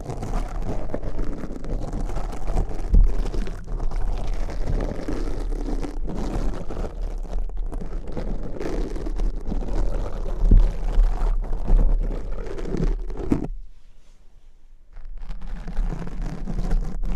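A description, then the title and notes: Crunchy slime being squeezed and worked, with dense, uneven crackling and squishing and sharp clicks and pops scattered throughout. The sounds sit mostly low to mid, with a steady low rumble underneath. Around fourteen seconds it drops nearly silent for a moment, then soft handling resumes. Crunchy Slime x Brain Scratching.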